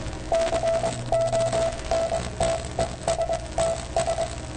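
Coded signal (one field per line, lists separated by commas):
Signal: Morse code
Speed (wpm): 22 wpm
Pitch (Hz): 660 Hz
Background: none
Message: CONTESTS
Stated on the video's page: CW copied on a Ten-Tec Jupiter transceiver, with keyboard-sent transmission.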